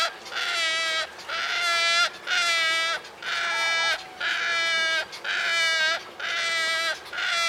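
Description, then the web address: Wood stork producing a run of loud, even-pitched nasal bleats, each near a second long, with short gaps between them. "sound Wood-stork. صدای-لک-لک-جنگلی"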